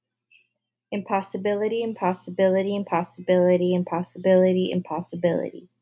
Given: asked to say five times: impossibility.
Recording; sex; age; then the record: repeated word; female; 20 to 29 years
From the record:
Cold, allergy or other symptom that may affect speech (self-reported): no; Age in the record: 22 years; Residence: Washington, United States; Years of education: 16